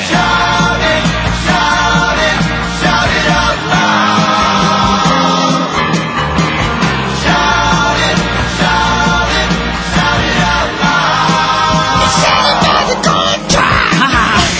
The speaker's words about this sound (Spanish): Señoras y señores, aquí estamos gritando cada vez más fuerte. Hasta ser escuchados, damas y caballeros.